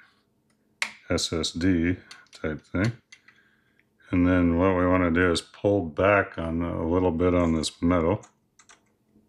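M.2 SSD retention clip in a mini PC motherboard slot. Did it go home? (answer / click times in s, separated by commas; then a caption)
no / none. An M.2 SSD is handled at its slot in a Minisforum X1-255 mini PC motherboard while the metal retention clip is pulled back a little, and someone talks throughout. A few faint clicks and handling taps sound, but the clip ends before the drive goes home, and nothing has seated or clicked into place yet.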